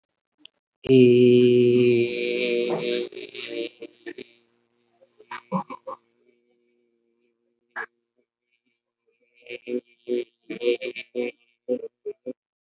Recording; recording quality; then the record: sustained vowel as in made; excellent, no background noise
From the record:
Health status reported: COVID-19 positive, no symptoms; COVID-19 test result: positive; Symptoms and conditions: none ticked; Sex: male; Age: 44 years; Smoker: not ticked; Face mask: worn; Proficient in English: no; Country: India